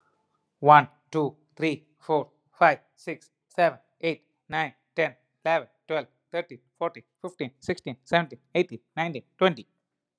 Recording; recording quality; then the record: counting at a normal pace; excellent, no background noise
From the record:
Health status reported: healthy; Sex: male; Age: 38 years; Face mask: not worn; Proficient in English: yes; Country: India